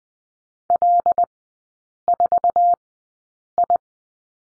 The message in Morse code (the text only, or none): L4I